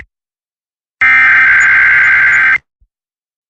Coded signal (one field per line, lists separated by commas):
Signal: Emergency Alert System (SAME) tones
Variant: header bursts